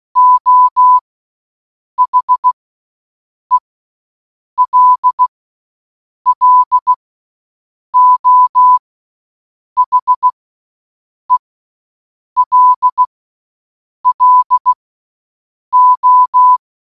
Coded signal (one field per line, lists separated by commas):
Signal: Morse code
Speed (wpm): 16 wpm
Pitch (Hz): 1000 Hz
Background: none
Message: O HELLO HELLO